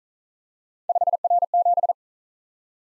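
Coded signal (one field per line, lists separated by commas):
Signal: Morse code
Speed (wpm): 41 wpm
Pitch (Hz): 700 Hz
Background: none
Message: 5R7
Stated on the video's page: Morse practice of three-character letter-number combinations, starting fast and slowing to a base speed, the fastest being 1.5 times the slowest, with a final repeat at maximum speed.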